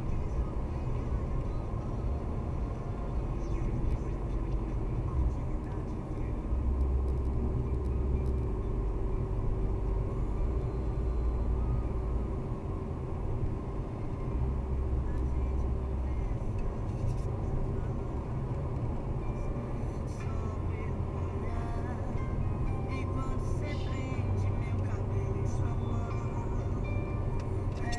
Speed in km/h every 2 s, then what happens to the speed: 119, 116, 107, 107, 111, 114, 117, 116, 115, 115, 115, 114, 113, 116.
0-4 slows to 107. 4-12 speeds up to 117. 12-28 steady at about 115.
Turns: none.